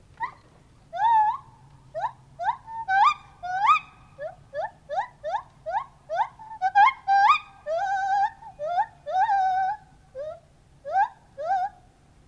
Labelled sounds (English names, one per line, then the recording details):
Lar Gibbon
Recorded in captivity
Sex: male
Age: adult
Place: Tierpark Berlin, Berlin, DE
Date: 1983-10-01
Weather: sonnig, ca 3 °C, leichter Wind
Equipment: Nagra SN, Kopie Uher 4000 Report Monitor
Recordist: Tembrock, Günter